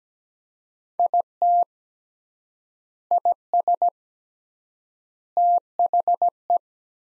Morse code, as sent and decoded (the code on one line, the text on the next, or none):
.. - / .. ... / - .... .
IT IS THE